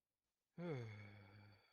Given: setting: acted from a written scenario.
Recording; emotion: vocal sound without words; contentment